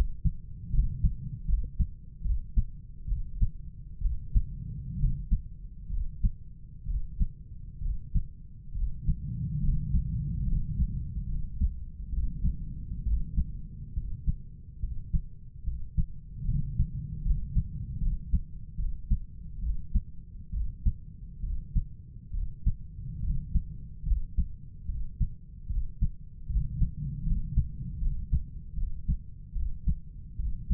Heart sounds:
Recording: heart sounds by stethoscope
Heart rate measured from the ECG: 71 bpm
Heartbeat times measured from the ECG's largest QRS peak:
0.73 s: heartbeat
1.49 s: heartbeat
2.25 s: heartbeat
3.09 s: heartbeat
4.03 s: heartbeat
5.00 s: heartbeat
5.91 s: heartbeat
6.88 s: heartbeat
7.83 s: heartbeat
8.76 s: heartbeat
9.63 s: heartbeat
10.47 s: heartbeat
11.28 s: heartbeat
12.13 s: heartbeat
13.07 s: heartbeat
13.97 s: heartbeat
14.83 s: heartbeat
15.67 s: heartbeat
16.49 s: heartbeat
17.26 s: heartbeat
18.02 s: heartbeat
18.79 s: heartbeat
19.63 s: heartbeat
20.54 s: heartbeat
21.44 s: heartbeat
22.34 s: heartbeat
23.24 s: heartbeat
24.07 s: heartbeat
24.89 s: heartbeat
25.70 s: heartbeat
26.50 s: heartbeat
27.27 s: heartbeat
28.02 s: heartbeat
28.77 s: heartbeat
29.56 s: heartbeat
30.39 s: heartbeat
From the record:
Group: healthy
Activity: cold pressor test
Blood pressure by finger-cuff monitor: 155/101 mmHg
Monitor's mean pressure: 116 mmHg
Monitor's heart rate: 71 bpm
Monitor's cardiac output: 7.6 L/min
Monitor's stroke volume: 108 mL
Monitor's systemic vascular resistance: 1140 dyn s/cm5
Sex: male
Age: 30 years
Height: 188 cm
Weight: 110.2 kg

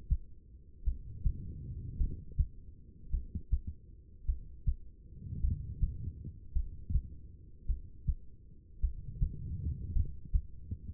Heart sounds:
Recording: heart sounds by stethoscope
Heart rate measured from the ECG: 53 bpm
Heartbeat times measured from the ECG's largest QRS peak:
0.83 s: heartbeat
1.97 s: heartbeat
3.10 s: heartbeat
4.25 s: heartbeat
5.40 s: heartbeat
6.52 s: heartbeat
7.66 s: heartbeat
8.80 s: heartbeat
9.92 s: heartbeat
From the record:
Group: heart failure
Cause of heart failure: non-ischemic cardiomyopathy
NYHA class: 1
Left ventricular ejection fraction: 52%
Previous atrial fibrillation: present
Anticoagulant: apixaban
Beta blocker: bisoprolol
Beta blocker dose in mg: 10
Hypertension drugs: sacubitril-valsartan, spironolactone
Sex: female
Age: 68 years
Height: 169 cm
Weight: 71 kg

